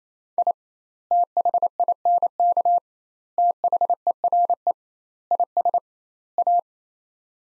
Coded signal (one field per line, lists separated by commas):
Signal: Morse code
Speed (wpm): 27 wpm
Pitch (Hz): 700 Hz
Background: none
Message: I THINK THERE IS A